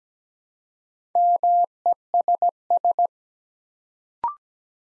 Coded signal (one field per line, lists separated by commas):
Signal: Morse code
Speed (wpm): 17 wpm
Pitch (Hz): 700 Hz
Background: none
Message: MESS